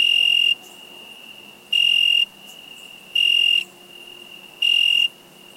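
Cricket giving four sharp, shrill chirps, evenly spaced about one and a half seconds apart, with a faint steady high trill between them.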